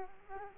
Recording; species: mosquito wingbeat signal from an infrared sensor; Culex quinquefasciatus